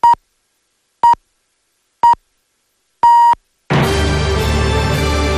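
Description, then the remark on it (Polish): Hourly time signal pips on Polish Radio Program Three (Trójka) marking 8 o'clock: three short, steady mid-pitched beeps a second apart, then a longer final tone, immediately followed by a loud burst of music. “Program Trzeci Polskiego Radia wybiła 8.”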